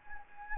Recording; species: mosquito wingbeat signal from an infrared sensor; Anopheles gambiae